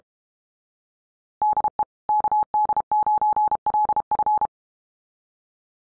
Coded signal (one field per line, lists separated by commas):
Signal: Morse code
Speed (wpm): 32 wpm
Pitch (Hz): 850 Hz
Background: none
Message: DE KD9LF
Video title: CW freak.NET - QRQ